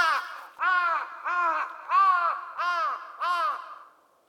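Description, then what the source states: Crow calling, six hoarse, harmonic caws in a steady series, each about half a second long, with short pauses between them, then silence at the end. Recorded in the evening.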